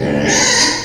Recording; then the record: squeal of a Yucatan mini pig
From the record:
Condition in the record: before surgery on the right vocal fold (resection and tissue-engineered implant); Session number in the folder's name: 2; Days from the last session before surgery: 0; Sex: male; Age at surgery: 12 weeks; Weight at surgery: 13 kg